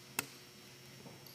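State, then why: Seated. An electrical connector is pushed back onto a fuel injector after being checked for debris. It seats with a single sharp click at 0.2 s, followed by quiet background and a fainter tick near 1.3 s. The connector is confirmed clicked into place.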